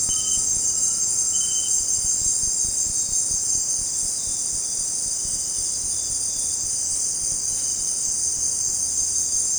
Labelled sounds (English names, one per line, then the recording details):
none
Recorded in dense forest near Puerto Asís, Putumayo, Colombia, on 21 December 2024 at 18:00
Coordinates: 0.466, -76.327
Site G075